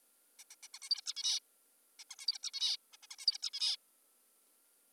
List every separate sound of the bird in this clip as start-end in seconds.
0.39-0.44, 0.51-0.56, 0.63-0.68, 0.74-0.79, 0.82-0.89, 0.90-1.01, 1.06-1.14, 1.16-1.40, 1.99-2.04, 2.11-2.16, 2.19-2.26, 2.28-2.38, 2.43-2.51, 2.54-2.77, 2.93-2.97, 3.03-3.07, 3.11-3.16, 3.19-3.26, 3.27-3.38, 3.42-3.50, 3.53-3.77